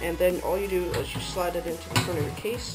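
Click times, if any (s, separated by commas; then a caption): none. A hard drive in a toolless plastic mounting tray is handled and slid toward the front drive bay of a PC case while someone talks throughout. Faint handling noise sits under the voice, with a brief broadband rustle near 2.0 seconds. Nothing has seated or clicked yet; the tray's clip has not latched by the end of the clip.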